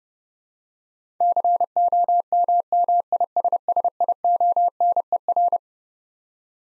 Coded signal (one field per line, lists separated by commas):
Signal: Morse code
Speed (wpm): 30 wpm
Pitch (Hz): 700 Hz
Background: none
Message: COMMISSIONER